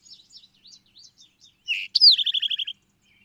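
Bird singing: soft twittering notes lead into a buzzy note, a bright falling whistle and a quick run of repeated trilled notes, then quiet.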